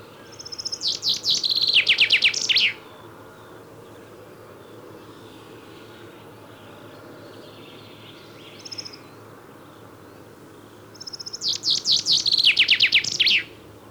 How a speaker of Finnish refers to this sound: Toivottavasti opitte jo erottamaanne, mutta kuuntelemme varmuuden vuoksi vielä kerran. Ensin peippo.